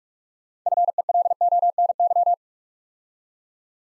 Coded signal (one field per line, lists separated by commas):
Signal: Morse code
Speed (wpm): 44 wpm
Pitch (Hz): 700 Hz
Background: none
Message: FELONY